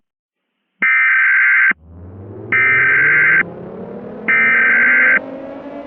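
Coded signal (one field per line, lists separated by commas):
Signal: Emergency Alert System (SAME) tones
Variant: header bursts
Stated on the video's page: Simulated mock EAS scenario with random content, not a real alert.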